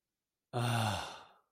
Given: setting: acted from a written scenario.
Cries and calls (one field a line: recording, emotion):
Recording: vocal sound without words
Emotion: ecstasy